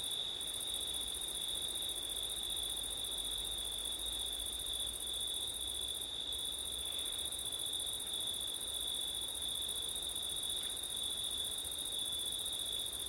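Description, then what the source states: Crickets keep up a steady high-pitched chorus, a ringing trill with an upper shimmer that briefly dips, over low hiss. Crickets singing on a September night in wind, recorded with an ORTF stereo setup.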